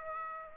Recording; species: mosquito wingbeat signal from an infrared sensor; Aedes aegypti